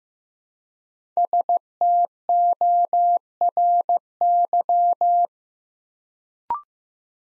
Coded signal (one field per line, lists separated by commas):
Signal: Morse code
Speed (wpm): 15 wpm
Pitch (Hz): 700 Hz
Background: none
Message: STORY